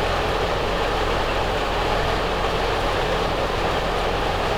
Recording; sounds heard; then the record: poultry house recording; no chicken sound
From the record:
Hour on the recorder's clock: 8